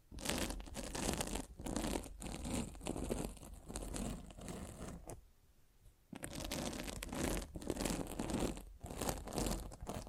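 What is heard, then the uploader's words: Scratching and rubbing against a microphone, a dense, rough rasping that fills nearly all ten seconds with quick irregular strokes and a low rumble underneath. The noise stops for about a second just after the five-second mark, then resumes as harsh and busy as before. Mic Scratching.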